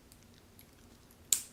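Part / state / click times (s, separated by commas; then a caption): watch bracelet clasp closing into its locked position / seated / 1.3 s. The folding clasp of the metal bracelet on a three-year-old olive green Rolex Oyster Perpetual is closed after the Easylink extension link has been opened. Quiet faint ticks lead up to a single sharp, loud metallic click at 1.3 s that rings briefly and fades. The clasp snaps into its locked position, clicking just like brand-new.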